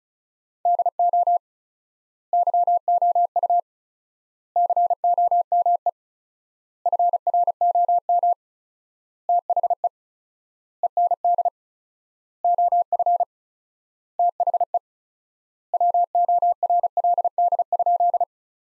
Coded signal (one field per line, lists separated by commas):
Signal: Morse code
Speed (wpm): 34 wpm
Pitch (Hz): 700 Hz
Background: none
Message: DO YOU COME FROM THE END OF THE WORLD?